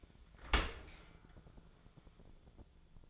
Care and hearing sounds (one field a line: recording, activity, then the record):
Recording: daily activity, microphone in the room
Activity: open dishwasher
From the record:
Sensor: 5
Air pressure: 1000.6 hPa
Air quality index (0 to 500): 151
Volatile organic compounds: 2 ppm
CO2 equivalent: 1162 ppm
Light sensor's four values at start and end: 40/91/39/42 and 41/93/40/43